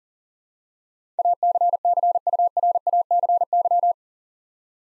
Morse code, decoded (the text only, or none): ACCURACY